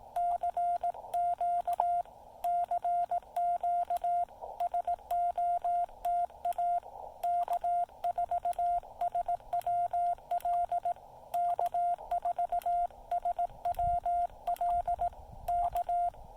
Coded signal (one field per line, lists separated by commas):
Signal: Morse code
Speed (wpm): 18 wpm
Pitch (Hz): 690 Hz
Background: none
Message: CQ CQ SOTA K4SWL K4SWL K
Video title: SOTA activation of Mount Jefferson with the Yaesu FT-817, CHA MPAS Lite and 2.5 watts